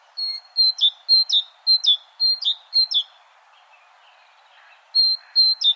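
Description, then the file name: Great tit song of rhythmic see-saw pairs, several in quick succession, then a pause and a short further run, a steady high note leading into a lower one. "Parus major"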